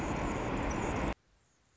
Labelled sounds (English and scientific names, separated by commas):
Anna's Hummingbird (Calypte anna)